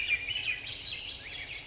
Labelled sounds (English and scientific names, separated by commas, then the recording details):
Swainson's Thrush (Catharus ustulatus)
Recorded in Sonoma County, California